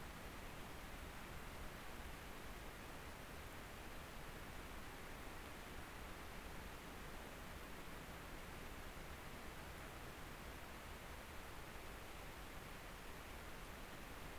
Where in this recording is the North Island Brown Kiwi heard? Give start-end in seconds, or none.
none